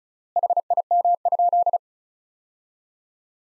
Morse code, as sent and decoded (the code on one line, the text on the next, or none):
.... .. -- ..--..
HIM?